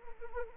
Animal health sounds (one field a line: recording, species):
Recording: mosquito wingbeat signal from an infrared sensor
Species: Anopheles arabiensis